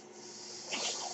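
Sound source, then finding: Home mechanical ventilator. Mechanical ventilator breath.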